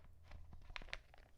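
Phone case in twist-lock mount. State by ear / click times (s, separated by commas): seated / 0.8 s, 0.9 s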